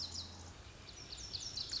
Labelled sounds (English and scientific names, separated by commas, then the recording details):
Lazuli Bunting (Passerina amoena)
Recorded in Sonoma County, California